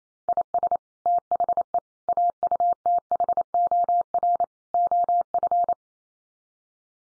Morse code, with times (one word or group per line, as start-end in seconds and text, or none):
0.3-0.8 IS
1.1-1.8 THE
2.1-4.4 AUTHOR
4.7-5.7 OF